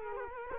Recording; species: mosquito wingbeat signal from an infrared sensor; Culex quinquefasciatus